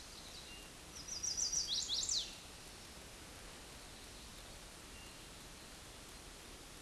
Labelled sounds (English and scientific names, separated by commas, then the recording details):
Chestnut-sided Warbler (Setophaga pensylvanica) song
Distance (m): 20 m
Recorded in a Pennsylvania forest on 18 May 2023 at 09:49
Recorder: AudioMoth, point grid1_5_low
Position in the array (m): 15 m, 90 m